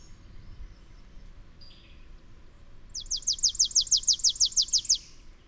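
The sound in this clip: Bird song: a couple of soft high notes, then a quick two-second trill of many sharply falling whistled notes.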